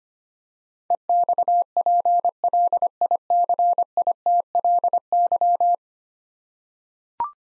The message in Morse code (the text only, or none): EXPLICITLY